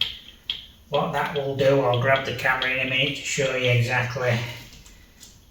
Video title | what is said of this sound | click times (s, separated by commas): Erbuaer Airless Sprayer - How to set up if Sprayer isn't spraying | you can hear it clicking | 0.0 s, 0.5 s